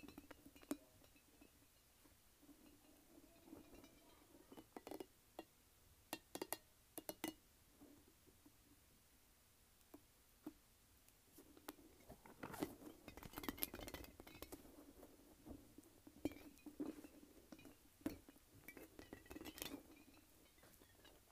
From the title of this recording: Squishing and Shaking a Light-Up Ball